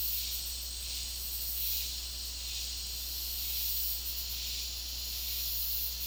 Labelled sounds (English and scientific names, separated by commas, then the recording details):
none
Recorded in dense forest near Puerto Asís, Putumayo, Colombia, on 9 March 2025 at 15:30
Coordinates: 0.503, -76.323
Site GP09